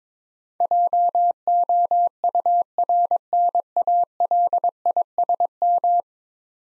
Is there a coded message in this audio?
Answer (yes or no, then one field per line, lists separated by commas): yes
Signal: Morse code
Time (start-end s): 0.6-6.0 s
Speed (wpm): 21 wpm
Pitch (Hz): 700 Hz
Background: none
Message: JOURNALISM